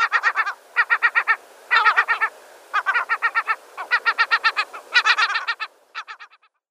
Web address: Lesser Black-backed Gull